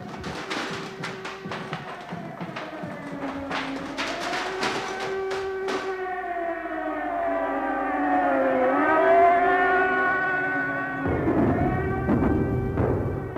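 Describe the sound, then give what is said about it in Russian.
An air raid siren wails in long, sustained tones that slowly rise and fall in pitch, layered with harmonics, growing louder midway, with some sharp clattering knocks at the start. “Тревога. Сирена. Бежим, не то мы застрянем здесь до рассвета и влипнем.”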